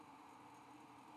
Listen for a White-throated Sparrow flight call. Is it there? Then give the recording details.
no. No flight call is heard. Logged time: 04:02 on 5 December 2014